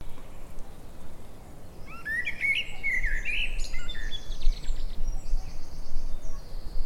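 Common blackbird singing one mellow warbled phrase midway, followed by thin high twittering notes over steady low background noise.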